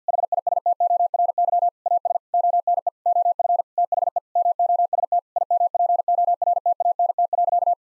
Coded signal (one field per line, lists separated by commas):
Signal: Morse code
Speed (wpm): 50 wpm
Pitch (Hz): 700 Hz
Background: none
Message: HISTORY AS ONE OF THE MOST IMPORTANT.